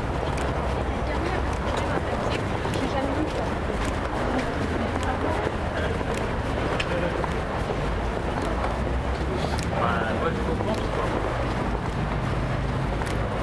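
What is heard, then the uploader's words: A Paris street scene: a dense, steady wash of overlapping voices and chatter fills all 13 seconds, with a low rumble of passing traffic underneath. Occasional brief clicks and knocks rise out of the murmur, and the overall level stays even throughout. Paris, Île de France, France.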